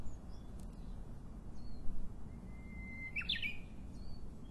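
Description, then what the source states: Japanese bush warbler song: a long steady whistled note that snaps into a quick flourish, over a low background rumble with faint chirps of other birds. Recorded in 2012.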